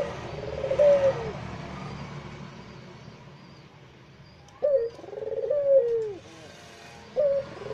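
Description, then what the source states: Barbary dove cooing, a low rolling coo near the start and two more after a pause, with a faint low hum of traffic underneath. White Barbary dove; training (masteran) recording used to tutor songbirds.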